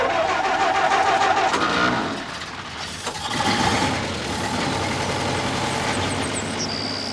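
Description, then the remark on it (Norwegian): A car engine turns over and catches, settling into a steady mid-pitched rumble that swells briefly before pulling away in a continuous drone. No one speaks. “Sett deg opp i køria mi, du, så lar vi ballongen gå for.”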